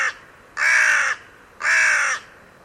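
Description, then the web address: Bird calls: the tail of one caw, then two long, drawn-out raspy caws about a second apart. "cianscape. Deverinetal. Bird Only"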